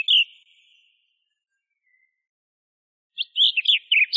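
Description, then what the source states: Song thrush song: one fading whistled phrase, a long silence, then a fast run of varied, twisting high notes. Masteran recording, used for training songbirds.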